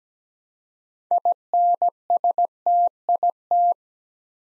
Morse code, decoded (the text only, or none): INSTIT